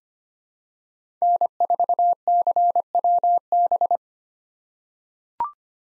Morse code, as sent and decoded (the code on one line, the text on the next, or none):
-. ....- -.-. .-- -...
N4CWB